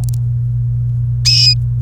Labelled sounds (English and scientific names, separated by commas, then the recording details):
Domestic Canary (Serinus canaria) song
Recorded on 28 April 2018 at 10:06
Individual llb3